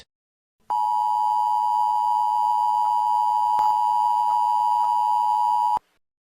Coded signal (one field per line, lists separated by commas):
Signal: Emergency Alert System (SAME) tones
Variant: 853 and 960 Hz attention tone